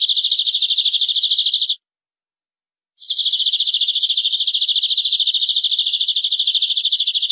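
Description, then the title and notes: Canary delivering long rolling trills of rapid high notes, broken by a pause of about a second before the trill resumes steadily. "BM Suara Kenari. BM Suara Burung Kenari"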